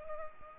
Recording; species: mosquito wingbeat signal from an infrared sensor; Culex pipiens